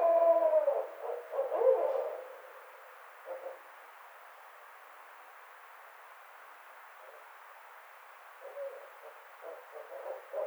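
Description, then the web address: Barred owl with a burst of low, slurred hoots at the start, then a long near-silent gap, and a few soft, quick hoots returning at the end. Recorded 29 May 2009. "Barred Owl 2009 05 29 Barred Owl 03"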